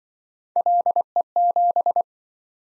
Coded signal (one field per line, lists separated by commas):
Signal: Morse code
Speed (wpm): 25 wpm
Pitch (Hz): 700 Hz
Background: none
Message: LE7